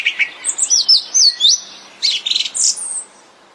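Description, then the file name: Thrush song, a rapid run of varied high whistles, slurred notes and buzzy trills following one another with short gaps. "طائر السمنة"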